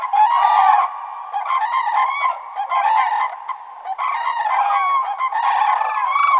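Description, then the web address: Common crane trumpeting calls, loud rolling bugles overlapping continuously from several birds, with brief dips between bursts. Spring migration in Finland; arriving breeding pairs of cranes. "kurki hannes tiira. muuttolintukalenteri kurjet saapuvat pesivat parit ensimmaisten joukossa"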